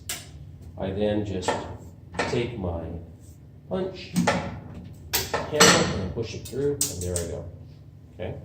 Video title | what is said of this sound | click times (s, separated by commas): Thunderbird Lab | until I hear a click which means the shock pin is falling into place I then | 0.1 s